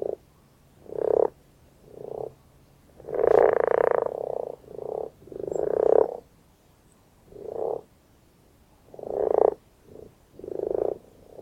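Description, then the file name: Common frog giving low, rasping grunts and purring croaks in bursts of varying length, roughly one every second. "Grenouille rousse"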